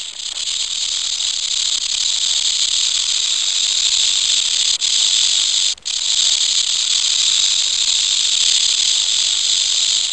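Rattlesnake rattling in a continuous dry, high-pitched buzz held for about ten seconds, broken by two very brief pauses.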